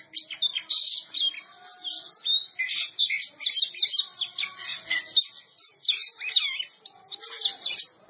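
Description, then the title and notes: Oriental magpie-robin singing continuously: quick high chirps, sharp whistles and scratchy twitters packed closely together with no breaks. Champion singing bird. "Kicau Burung Kacer Juara. Suara Kicauan Burung Kacer Juara"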